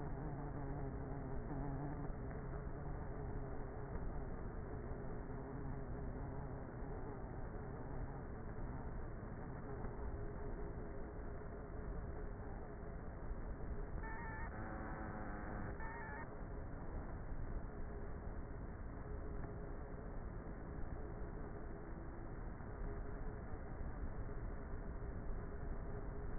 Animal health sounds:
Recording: honeybee colony, microphone inside the hive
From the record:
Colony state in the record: queenless with a low population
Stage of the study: before two queens were removed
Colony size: about 30,000 bees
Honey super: no

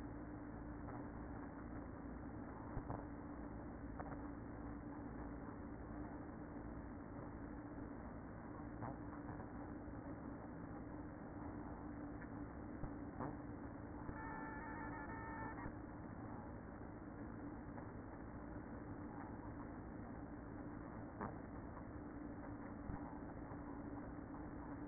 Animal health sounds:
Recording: honeybee colony, microphone inside the hive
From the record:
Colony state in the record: queen present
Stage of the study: after two queens were removed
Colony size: about 60,000 bees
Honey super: yes

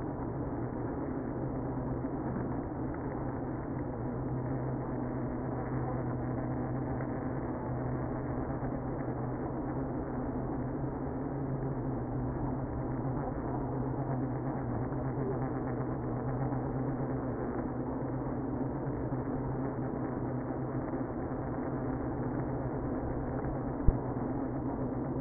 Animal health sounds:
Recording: honeybee colony, microphone inside the hive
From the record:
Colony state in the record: queenless (queen removed)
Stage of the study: after two queens were removed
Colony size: about 60,000 bees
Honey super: yes

